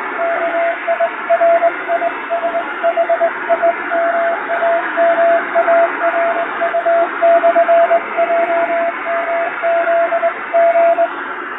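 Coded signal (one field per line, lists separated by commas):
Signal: Morse code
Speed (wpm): 22 wpm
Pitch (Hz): 680 Hz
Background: radio noise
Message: KIRISHIMAMARU/JMZG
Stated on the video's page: Recreated shortwave Morse radiotelegram traffic as heard on a radio, with added noise and fading, for reception practice.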